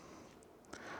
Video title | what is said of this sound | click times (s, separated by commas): Is This Enough Gear for an 8,000 Mile Alaska Solo Trip? | Just kind of snap on like that. You hear it click in, and then just | 0.7 s